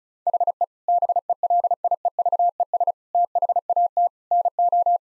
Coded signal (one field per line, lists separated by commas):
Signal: Morse code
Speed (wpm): 34 wpm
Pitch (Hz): 700 Hz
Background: none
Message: HE BELIEVES THAT NO